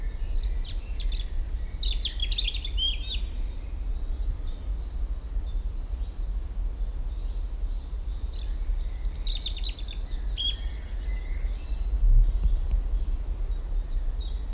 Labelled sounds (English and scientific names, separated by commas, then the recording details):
European Robin (Erithacus rubecula)
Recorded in the wild
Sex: male
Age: adult
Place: Blankenfelde, Tegeler Fließ, Berlin, DE
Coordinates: 52.64, 13.39
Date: 1994-04-23 12:04
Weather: heiter 16-19°C
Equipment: Marantz CP 430, Sennheiser ME 80, Kopie Uher Variocord 263
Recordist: Tembrock, Günter
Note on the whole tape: Schutzgebiet Schildow: Gesang (fast pausenlos - aber strophig), längere Stücke, sehr gut, bis 12.15 Uhr